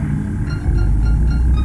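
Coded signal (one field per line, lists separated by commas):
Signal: none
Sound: synth music beeps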